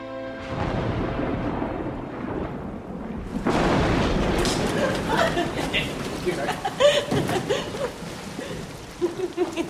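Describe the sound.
A sudden, heavy downpour bursts in after a few seconds of quieter murmuring, becoming a dense, steady roar of rain with faint voices and light laughter of day-trippers, half-sheltered by parasols, coming back from an open carriage into a hall.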